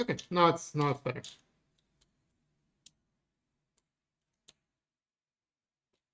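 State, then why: Seated. Someone talks briefly, then a reworked printed part is pressed into place on the printer frame and seats with crisp, sharp clicks at 2.9 s and 4.5 s, with fainter ticks around them. The part snaps home and fits better after the rework.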